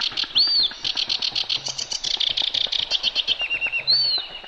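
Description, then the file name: Eurasian reed warbler song, fast chatter of repeated scratchy notes with two clear arched whistles and a brief trill. Recorded on 31 May. "reedwarbler 0531"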